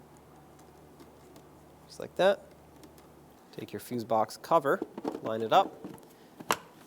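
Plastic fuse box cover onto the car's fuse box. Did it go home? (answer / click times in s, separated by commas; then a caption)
yes / 6.5 s. Someone talks while a plastic fuse box cover is lined up over the fuse box of a 2012-2017 Toyota Camry, closing up after a fuel pump module replacement. After a quiet start and a few faint ticks, the cover is pressed down and snaps into place with a single sharp, loud click at 6.5 s, fully seated.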